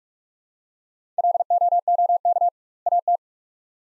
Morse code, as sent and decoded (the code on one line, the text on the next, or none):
.-.. --- --- -.- / .- -
LOOK AT